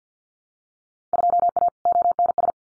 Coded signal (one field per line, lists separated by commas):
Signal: Morse code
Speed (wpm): 50 wpm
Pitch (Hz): 700 Hz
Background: none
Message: 2A ONS